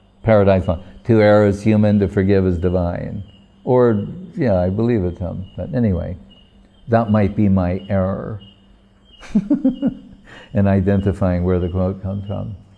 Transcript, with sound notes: Paradise Lost, "To err is human, to forgive is divine," or... I believe it's him. But, anyway, that might be my 'err' [laughing] in identifying where the quotes comes from.